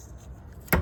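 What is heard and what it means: A plastic retaining clip on the wheel speed ABS sensor wire of a 2015–2022 second-generation Chevy Colorado or GMC Canyon truck is pushed back into its mounting hole during sensor replacement. After quiet low background noise, a single sharp snap is heard at 0.7 s, and the clip is seated.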